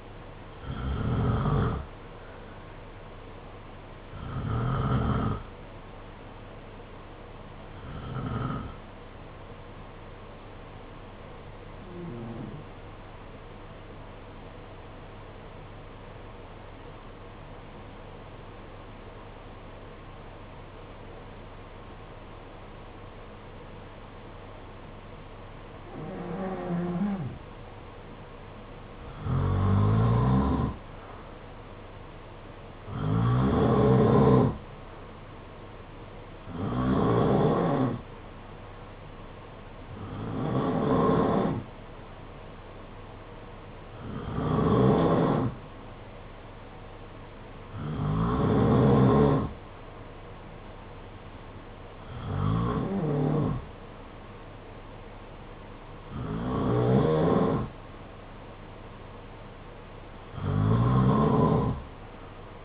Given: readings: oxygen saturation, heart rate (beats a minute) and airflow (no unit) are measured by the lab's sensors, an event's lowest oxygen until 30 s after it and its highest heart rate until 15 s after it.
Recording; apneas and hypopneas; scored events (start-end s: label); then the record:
breathing in sleep by a voice recorder at the bedside; 1
15.00-27.50 s: obstructive apnea (N2, oxygen 94% highest, then 87% lowest, heart rate 52 at the start, 58 highest)
From the record:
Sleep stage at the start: N2 (light sleep); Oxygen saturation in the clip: 87 to 94%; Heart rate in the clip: 51 to 58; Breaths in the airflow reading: 14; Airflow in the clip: -6.5 to 5.2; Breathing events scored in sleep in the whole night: 476 in 9.7 hours asleep